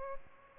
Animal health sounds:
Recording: mosquito wingbeat signal from an infrared sensor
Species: Aedes albopictus

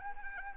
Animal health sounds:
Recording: mosquito wingbeat signal from an infrared sensor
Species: Anopheles arabiensis

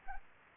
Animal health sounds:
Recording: mosquito wingbeat signal from an infrared sensor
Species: Anopheles arabiensis

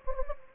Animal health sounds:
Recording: mosquito wingbeat signal from an infrared sensor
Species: Anopheles gambiae

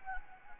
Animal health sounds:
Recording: mosquito wingbeat signal from an infrared sensor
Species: Anopheles gambiae

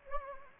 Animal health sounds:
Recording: mosquito wingbeat signal from an infrared sensor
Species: Anopheles gambiae

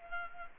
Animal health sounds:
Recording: mosquito wingbeat signal from an infrared sensor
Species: Culex pipiens

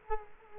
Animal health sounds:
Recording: mosquito wingbeat signal from an infrared sensor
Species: Culex quinquefasciatus

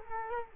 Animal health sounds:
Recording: mosquito wingbeat signal from an infrared sensor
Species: Culex quinquefasciatus

